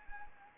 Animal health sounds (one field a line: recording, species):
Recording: mosquito wingbeat signal from an infrared sensor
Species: Anopheles arabiensis